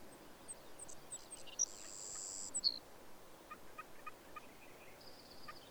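Bird song, thin and high: a few sharp high notes and drawn-out tones, then a faint run of short notes over steady background hiss.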